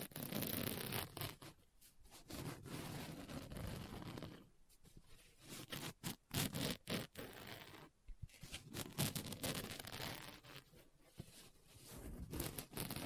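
Scratching and rustling on a book, with page-turning sounds and sharp taps scattered throughout. The rough, bright scraping comes in dense bursts separated by brief quiet gaps near two, five, eight and eleven seconds, with quick tapping clusters around six and eight seconds.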